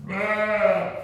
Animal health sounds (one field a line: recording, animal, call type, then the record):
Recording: contact call of a hoofed animal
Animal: sheep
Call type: low-frequency (closed-mouth) or high-frequency (open-mouth) call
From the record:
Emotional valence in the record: positive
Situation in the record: reunion with pen mate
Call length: 1.04 s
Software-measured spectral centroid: 1600 Hz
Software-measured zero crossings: 1930 a second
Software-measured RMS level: -23 dBFS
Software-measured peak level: -8 dBFS